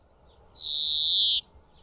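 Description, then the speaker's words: European greenfinch song: a single long, nasal, wheezy buzz lasting nearly a second, slightly falling in pitch, against quiet background. Admired for its song and plumage, often kept captive in cages; common in gardens, parks, woods and farmland; sings from tops of bushes or trees and in flight. "Admirat pentru frumusețea cântecului și a penajului, Florintele devine adesea victima celor care doresc să îl țină captiv într-o colivie."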